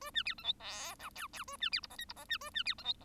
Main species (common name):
Bengalese Finch